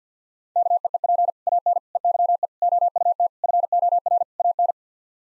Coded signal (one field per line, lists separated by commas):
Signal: Morse code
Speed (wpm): 50 wpm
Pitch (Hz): 700 Hz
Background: none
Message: KEEP AN EYE OUT FOR AN